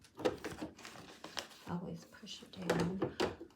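An embroidery hoop's two small holes are set onto the pegs of the embroidery arm carriage on a Brother PE800 embroidery machine and pushed down, while someone talks over light handling knocks and taps. The hoop is still being handled and has not snapped or seated onto the pegs yet.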